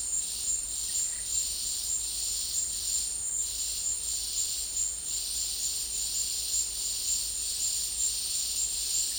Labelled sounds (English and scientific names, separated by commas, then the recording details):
none
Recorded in dense forest near Puerto Asís, Putumayo, Colombia, on 22 December 2024 at 13:00
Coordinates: 0.485, -76.318
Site GP03